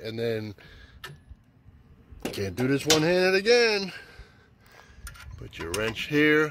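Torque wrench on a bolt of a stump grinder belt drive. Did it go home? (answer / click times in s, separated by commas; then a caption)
yes / 1.0 s. A torque wrench with a 15/16 socket, preset to 25 ft-lb, tightens a belt-tensioner bolt on the belt drive of a Bandit ZT1844 stump grinder. Someone talks, and a single sharp click at 1.0 s marks the wrench reaching its 25 ft-lb setting. Quieter knocks follow before the talking resumes.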